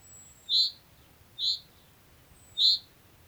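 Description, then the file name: Common chaffinch giving three short, bright, high-pitched call notes about a second apart, with a faint thin whistle in the background. "Fringilla coelebs"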